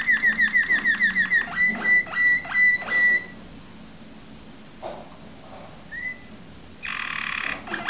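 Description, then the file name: Waterslager canary song: fast repeated pure whistled notes slowing into separate pulses, a quiet stretch with soft chirps, then a short buzzy trill. "malinois waterslager omkicau"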